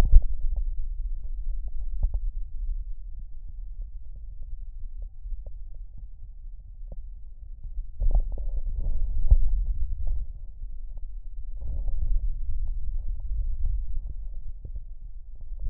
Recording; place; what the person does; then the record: lung sounds by stethoscope; left posterior basal chest; quiet breathing, then deep breathing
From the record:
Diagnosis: COPD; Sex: male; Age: 70 years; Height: 163 cm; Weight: 64.6 kg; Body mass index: 24.3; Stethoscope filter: extended mode